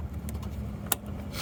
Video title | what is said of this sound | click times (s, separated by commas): Easy HID Headlight Replacement: No Mechanic Required! [2004-2009 Mazda 3] | it just clicked if it doesn't click just know that he didn't put it correctly you | 0.9 s